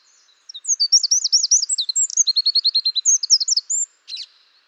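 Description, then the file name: Eurasian wren singing a quick burst of high, sharply repeated notes and a brief trill lasting about three seconds, followed by one short call. "Troglodytes troglodytes"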